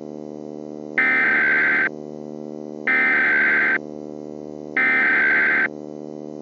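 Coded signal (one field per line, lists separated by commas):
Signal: Emergency Alert System (SAME) tones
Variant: header bursts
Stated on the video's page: Simulated EAS scenario for a Halloween AI uprising story; the tones are stated to be valid SAME tones.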